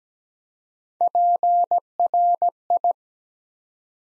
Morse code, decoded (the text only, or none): PRI